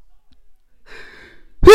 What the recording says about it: I had to sneeze and rejuvenate myself. Did you hear the sneeze?